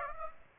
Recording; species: mosquito wingbeat signal from an infrared sensor; Aedes aegypti